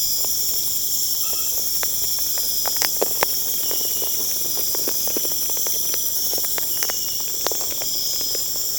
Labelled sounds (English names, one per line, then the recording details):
none
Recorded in pastures near Puerto Asís, Putumayo, Colombia, on 23 June 2025 at 20:30
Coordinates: 0.496, -76.326
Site GP01